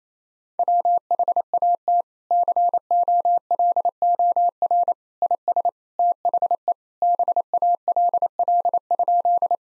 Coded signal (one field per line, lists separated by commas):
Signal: Morse code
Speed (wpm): 27 wpm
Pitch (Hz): 700 Hz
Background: none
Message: WHAT COLOR IS THE BALL?